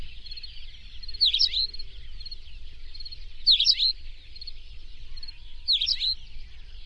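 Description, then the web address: Plain pipit calling with three quick, sharp chirps spaced about two seconds apart, against a constant high-pitched hiss and low background hum. "plain pipit bird call"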